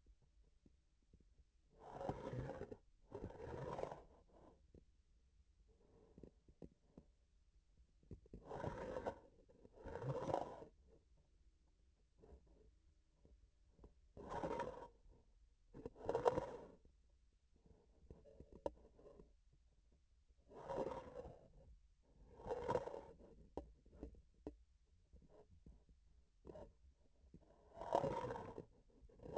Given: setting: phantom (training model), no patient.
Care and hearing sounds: laparoscopic instrument, vibration sensor on the handle end; grasping forceps; approaching and retracting movements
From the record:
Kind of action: spatial motion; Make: other than Olympus

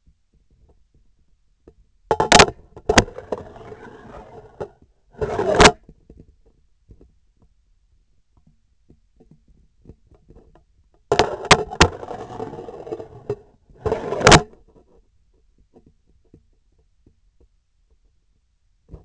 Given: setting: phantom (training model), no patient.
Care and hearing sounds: laparoscopic instrument, vibration sensor on the handle end; scissors; insertion and removal through the trocar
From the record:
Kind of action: spatial motion

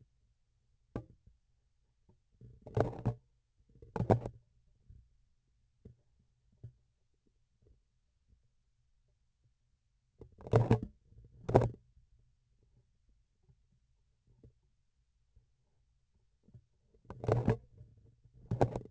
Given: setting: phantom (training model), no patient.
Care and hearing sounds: laparoscopic instrument, vibration sensor on the handle end; grasping forceps; opening and closing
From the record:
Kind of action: tool actuation without material contact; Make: other than Olympus

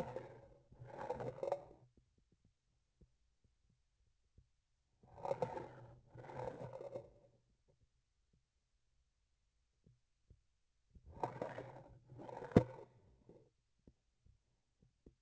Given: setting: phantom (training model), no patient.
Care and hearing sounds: laparoscopic instrument, vibration sensor on the handle end; grasping forceps; approaching and retracting movements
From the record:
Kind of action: spatial motion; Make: other than Olympus

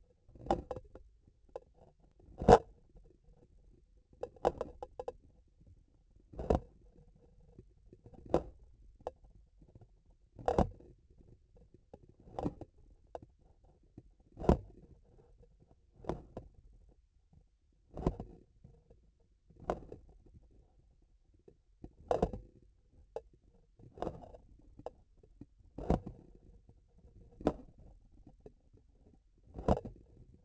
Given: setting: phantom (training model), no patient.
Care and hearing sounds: laparoscopic instrument, vibration sensor on the handle end; grasping forceps; opening and closing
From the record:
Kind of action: tool actuation without material contact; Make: Olympus

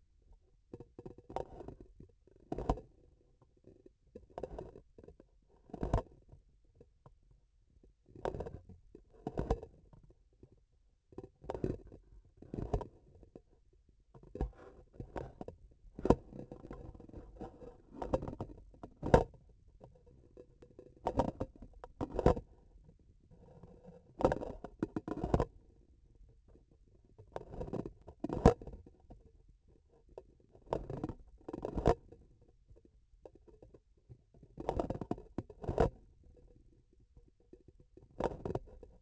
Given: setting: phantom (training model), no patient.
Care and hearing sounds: laparoscopic instrument, vibration sensor on the handle end; grasping forceps; opening and closing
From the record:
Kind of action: tool actuation without material contact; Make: Olympus

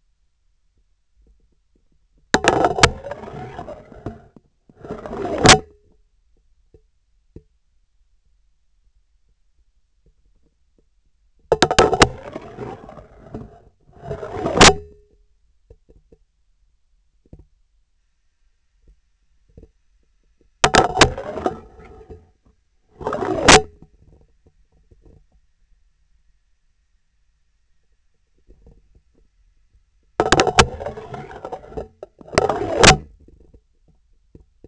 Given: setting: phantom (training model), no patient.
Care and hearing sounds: laparoscopic instrument, vibration sensor on the handle end; scissors; insertion and removal through the trocar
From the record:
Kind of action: spatial motion

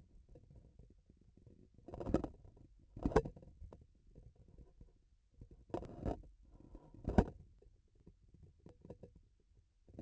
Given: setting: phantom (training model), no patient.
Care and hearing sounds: laparoscopic instrument, vibration sensor on the handle end; grasping forceps; opening and closing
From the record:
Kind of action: tool actuation without material contact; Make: Olympus

